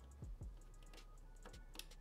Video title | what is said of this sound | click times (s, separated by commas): Building a Powerful PC Under $1000 | and it click and you heard that little click that was that latch locking the cable in place | 1.8 s